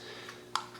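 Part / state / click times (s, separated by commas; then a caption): plastic bracket into phone housing / seated / 0.6 s, 0.8 s. A plastic bracket is pressed down into the housing of a OnePlus One phone during a vibrator replacement, right after the battery connector has been reconnected. Sharp snap clicks are heard at about 0.6 s and 0.8 s as the bracket snaps in and seats.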